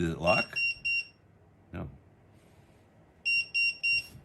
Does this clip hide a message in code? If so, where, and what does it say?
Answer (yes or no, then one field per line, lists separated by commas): no